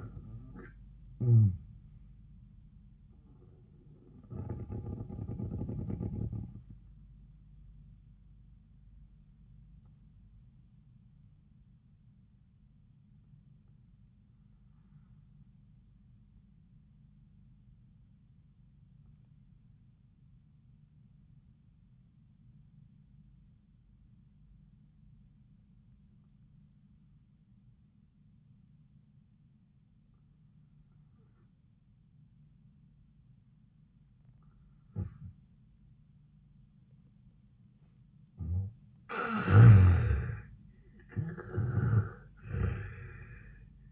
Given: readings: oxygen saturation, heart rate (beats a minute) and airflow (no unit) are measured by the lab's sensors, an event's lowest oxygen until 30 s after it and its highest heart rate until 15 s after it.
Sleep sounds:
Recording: breathing in sleep by a smartphone at the bedside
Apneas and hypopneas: 1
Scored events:
9.00-38.50 s: obstructive apnea (N2, oxygen 98% highest, then 84% lowest, heart rate 85 at the start, 87 highest)
29.00-43.92 s: new sleep stage, N1 (lightest sleep)
From the record:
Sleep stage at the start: N2 (light sleep)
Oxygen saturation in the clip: 85 to 98%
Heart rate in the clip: 75 to 89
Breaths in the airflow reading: 3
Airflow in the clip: -13.4 to 8.1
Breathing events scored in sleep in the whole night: 400 in 8.7 hours asleep

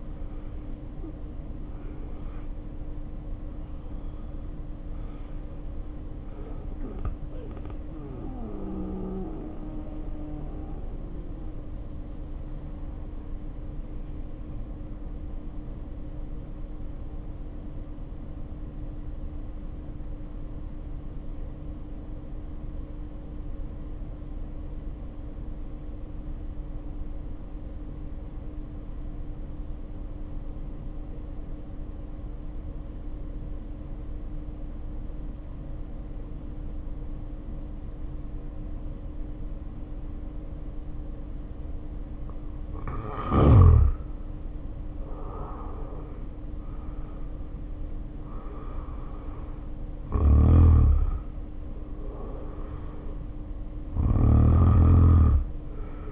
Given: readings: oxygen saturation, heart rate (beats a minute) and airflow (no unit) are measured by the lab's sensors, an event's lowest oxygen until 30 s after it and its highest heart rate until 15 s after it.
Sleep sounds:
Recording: breathing in sleep by a smartphone at the bedside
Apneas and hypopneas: 1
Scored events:
9.00-43.30 s: hypopnea (N2, oxygen 95% highest, then 75% lowest, heart rate 50 at the start, 69 highest)
11.00-56.12 s: new sleep stage, N1 (lightest sleep)
From the record:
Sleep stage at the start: N2 (light sleep)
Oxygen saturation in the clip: 74 to 95%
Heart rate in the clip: 46 to 69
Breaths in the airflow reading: 15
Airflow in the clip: -2.8 to 2.7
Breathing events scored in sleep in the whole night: 520 in 7.2 hours asleep

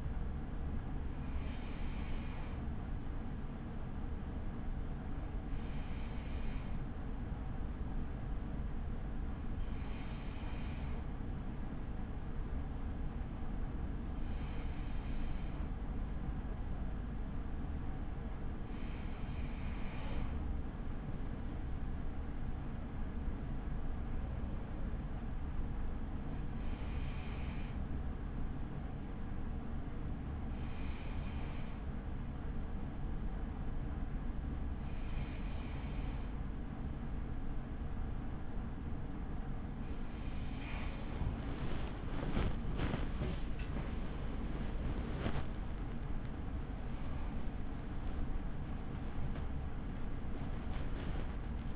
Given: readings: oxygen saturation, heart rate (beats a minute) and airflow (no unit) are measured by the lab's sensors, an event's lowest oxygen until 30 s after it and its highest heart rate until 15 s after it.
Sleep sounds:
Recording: breathing in sleep by a smartphone at the bedside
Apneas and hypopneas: 1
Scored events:
26.00-46.20 s: hypopnea (N2, oxygen 95% highest, then 95% lowest)
From the record:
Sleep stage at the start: N2 (light sleep)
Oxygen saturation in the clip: 95 to 96%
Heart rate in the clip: 39 to 71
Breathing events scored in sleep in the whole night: 83 in 6.1 hours asleep

